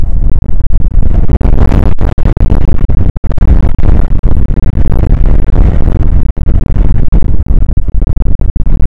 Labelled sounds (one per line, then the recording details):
wind
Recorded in the Prudhoe Bay oil fields, Alaska, on 29 May 2019 at 00:05
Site 25